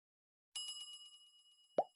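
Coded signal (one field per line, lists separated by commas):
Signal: none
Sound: intro sound effect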